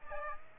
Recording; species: mosquito wingbeat signal from an infrared sensor; Aedes aegypti